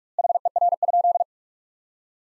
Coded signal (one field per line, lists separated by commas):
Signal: Morse code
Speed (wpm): 41 wpm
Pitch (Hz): 700 Hz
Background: none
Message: HER?